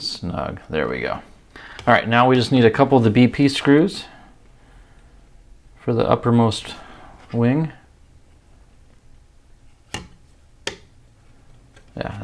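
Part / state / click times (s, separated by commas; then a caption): upper wing part into model car rear wing assembly / seated / 10.7 s. A plastic part for the upper wing of a 1:8 scale DeAgostini Lotus F1 model race car is pressed into its mounting on the rear wing assembly. Someone talks first, then a few sharp clicks follow in the quiet. The part snaps into position at 10.7 s and is seated.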